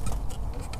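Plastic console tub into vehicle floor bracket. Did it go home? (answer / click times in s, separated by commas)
no / none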